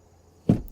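In the cab of a Ford F-150 Lightning Pro pickup, the release tab on the raised, locked rear seat cushion is pulled so the latch lets go and the seat can drop down. After quiet low background hum, a sharp, loud latch release sounds at 0.5 s, followed by a short, decaying rattle and faint ticks. The latch releases.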